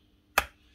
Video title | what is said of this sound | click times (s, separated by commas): Repairing a Bosch GBH 5-40 DCE Hammer that has started eating itself. | Hear that click? That's the original thread. | 0.4 s